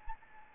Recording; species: mosquito wingbeat signal from an infrared sensor; Anopheles gambiae